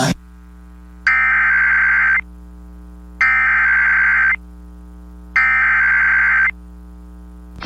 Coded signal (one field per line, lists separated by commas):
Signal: Emergency Alert System (SAME) tones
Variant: header bursts